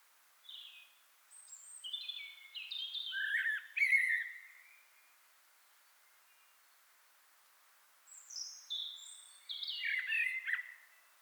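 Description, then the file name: Common blackbird singing two phrases separated by a long gap, each a series of fluted warbles and thin, high squeaky notes. "Turdus merula"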